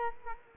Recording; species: mosquito wingbeat signal from an infrared sensor; Culex quinquefasciatus